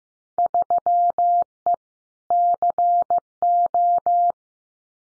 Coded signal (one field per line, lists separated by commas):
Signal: Morse code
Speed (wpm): 15 wpm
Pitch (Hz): 700 Hz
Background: none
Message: 3E CO